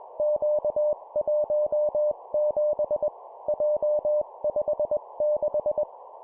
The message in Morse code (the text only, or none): Q17 J56